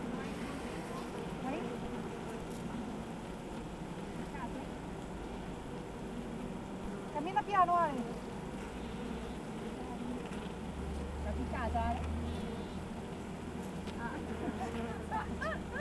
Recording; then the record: honeybee colony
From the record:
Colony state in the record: active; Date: 28 July 2017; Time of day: 8:09